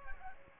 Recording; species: mosquito wingbeat signal from an infrared sensor; Aedes aegypti